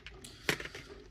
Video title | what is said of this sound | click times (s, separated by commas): Neca 2012 TMNT figure review l | Okay. And then nice little snug pop. | 0.5 s